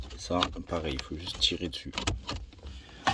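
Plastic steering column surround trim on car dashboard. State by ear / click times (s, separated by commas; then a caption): released / 3.1 s. Someone talks while a plastic steering column surround trim on a car dashboard is pulled off by hand. One sharp clip release is heard at 3.1 s as its clips let go and the trim comes free.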